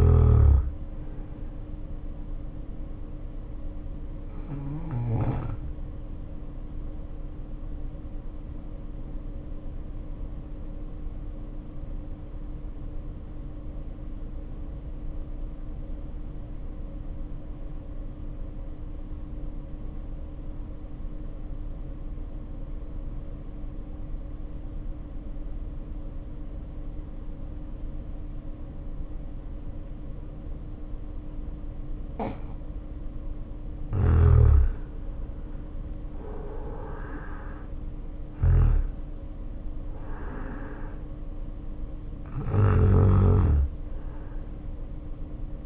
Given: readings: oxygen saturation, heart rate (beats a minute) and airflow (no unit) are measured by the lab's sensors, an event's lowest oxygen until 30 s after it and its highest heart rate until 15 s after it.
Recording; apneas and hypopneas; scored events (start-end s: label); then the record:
breathing in sleep by a smartphone at the bedside; 1
12.00-36.90 s: hypopnea (N1, oxygen 95% highest, then 75% lowest, heart rate 49 at the start, 68 highest)
19.00-45.66 s: new sleep stage, N2 (light sleep)
From the record:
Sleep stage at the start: N1 (lightest sleep); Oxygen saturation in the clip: 76 to 95%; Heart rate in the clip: 49 to 68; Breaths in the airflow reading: 10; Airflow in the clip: -1.7 to 2.4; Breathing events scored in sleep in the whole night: 520 in 7.2 hours asleep